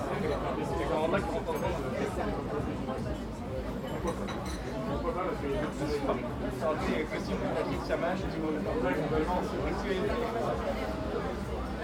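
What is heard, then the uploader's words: A busy café terrace on a Saturday evening, crowded with overlapping conversation from many people at once. The chatter stays dense and steady, with individual male voices rising briefly above it, and a low rumble of street traffic underneath. La Rotonde Café Bastille. A terrace in the neighborhood of Bastille on a Saturday evening. Light from the heaters warms those outside, sitting around bistro tables. I took my place on the terrace near the front on the right, and faced my recorder back.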